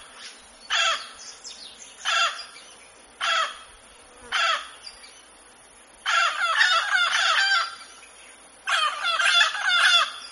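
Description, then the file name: Mealy amazon giving harsh, raspy squawks, first singly about every second, then longer grating bursts of rapid, chattering notes. "canto do do papagaio moleiro"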